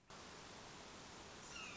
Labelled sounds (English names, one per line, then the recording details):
Red-shouldered Hawk
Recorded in Sonoma County, California